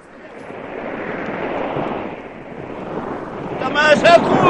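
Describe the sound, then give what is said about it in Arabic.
Roaring storm wind over a churning sea with waves like mountains, a dense, steady rush that swells and dips as the wind drives a ship south, with a man's raised voice shouting through the gale in the last second. “تماسكوا يا قوم، الأجواء سهرت كالجبال، الرياح تدفعنا للجنوب.”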